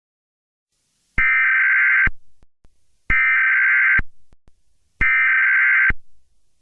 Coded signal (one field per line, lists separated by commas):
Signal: Emergency Alert System (SAME) tones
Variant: header bursts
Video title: EAS MOCK: EVACUATION IMMEDIATE